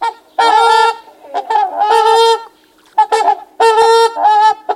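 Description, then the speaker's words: Trumpeter Swan calls: loud, nasal, horn-like honks given in bursts with brief pauses between. Hundreds of trumpeter swans leaving Washington in April. "what about the hundreds of trumpeter swans bidding adieu in April?"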